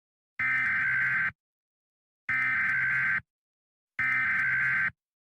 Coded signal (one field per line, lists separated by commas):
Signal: Emergency Alert System (SAME) tones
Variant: header bursts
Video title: EAS Scenario: The Return Of My Late Grandparents